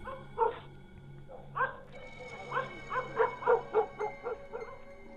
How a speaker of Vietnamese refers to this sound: Ở cuối ấp, chẳng hiểu vì sao, bầy chó cắn ma cứ sủa lên ông ổng. Thỉnh thoảng có những con còn rú lên nghe đến giận cả người.